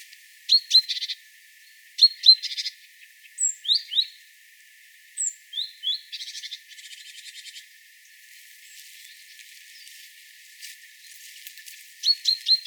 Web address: SETE data Parus major